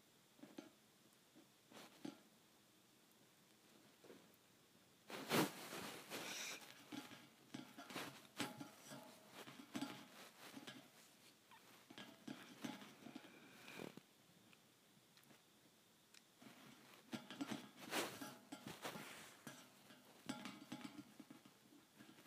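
Thin metal bars are tapped in quick, irregular clusters, each strike a sharp bright click with a faint ring. Quiet for the first five seconds, then a dense burst near five seconds, followed by steady scattered tapping with louder flurries around seventeen to nineteen seconds.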